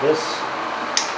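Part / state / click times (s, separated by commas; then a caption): engine wiring harness connector onto sensor socket / seated / 1.0 s. During valve cover reassembly on a 2007-2013 Toyota Corolla, a plastic engine wiring harness connector at the back of the engine is pushed back onto its sensor socket while someone talks. A short, sharp snap is heard at 1.0 s as the connector snaps on and seats.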